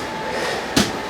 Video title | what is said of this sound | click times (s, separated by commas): 2022 Sunset Trail 268RL | so it snaps into place which is great okay | 0.8 s